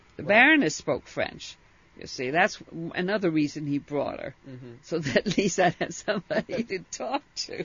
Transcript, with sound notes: The baroness spoke French, you see. That's another reason he brought her. ( she laughs ) So at least I had somebody to talk to.